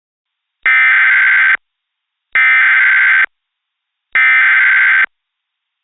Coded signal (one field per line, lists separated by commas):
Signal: Emergency Alert System (SAME) tones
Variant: header bursts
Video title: EAS Scenario #16 - SCP Revolution